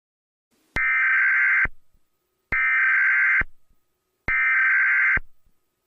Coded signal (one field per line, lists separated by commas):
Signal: Emergency Alert System (SAME) tones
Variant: header bursts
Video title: EAS Scenario #14 - Electrocuted